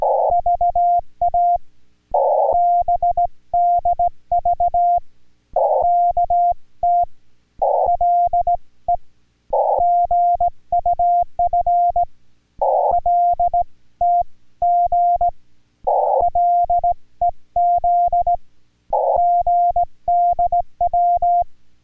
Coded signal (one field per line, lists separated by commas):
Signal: Morse code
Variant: Korean alphabet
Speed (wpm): 18 wpm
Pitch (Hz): 700 Hz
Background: music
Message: 로 들 어 가 신 것 같 습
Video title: Chatting in Korean Morse Codes/6K5EIA and HL1SB #Ulsan #CW #6K5EIA #HL1SB #HAM #A1